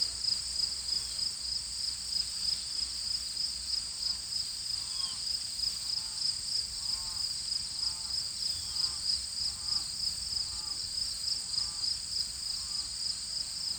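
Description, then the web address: A cricket chirps in a fast, high-pitched pulsing rhythm, accompanied by a run of soft, lower repeated chirps. "cricket base"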